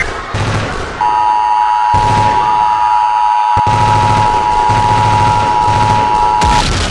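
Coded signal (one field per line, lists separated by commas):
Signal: Emergency Alert System (SAME) tones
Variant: 853 and 960 Hz attention tone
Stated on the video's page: Fictional EAS scenario; tones may be valid or invalid.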